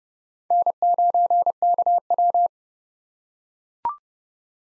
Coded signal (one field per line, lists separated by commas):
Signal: Morse code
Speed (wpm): 30 wpm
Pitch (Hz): 700 Hz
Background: none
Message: N9KW